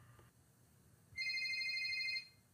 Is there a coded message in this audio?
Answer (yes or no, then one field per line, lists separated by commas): no